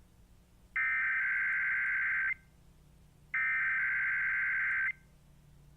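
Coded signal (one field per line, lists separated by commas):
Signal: Emergency Alert System (SAME) tones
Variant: header bursts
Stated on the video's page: Required Weekly Test sent on the KCCK station.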